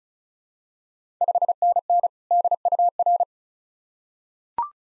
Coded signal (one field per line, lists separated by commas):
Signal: Morse code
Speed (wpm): 36 wpm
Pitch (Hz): 700 Hz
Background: none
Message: 5NN DUR